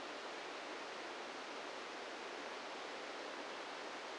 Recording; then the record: brain microelectrode recording played as sound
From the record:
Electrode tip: outside the subthalamic nucleus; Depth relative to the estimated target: 1 mm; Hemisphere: right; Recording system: NeuroSet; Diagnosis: Parkinson's disease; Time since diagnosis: 17 years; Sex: male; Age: 64 years